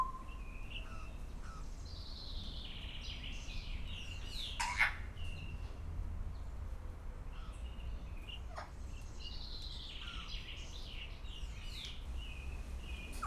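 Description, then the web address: Grey parrot making scattered whistles, gliding notes and a couple of harsh bursts, fairly soft against a low rumbling background. Captive grey parrot at Szeged Zoo, Hungary, 2011, calling continuously every day. "szegedizoo. jakopapagaj"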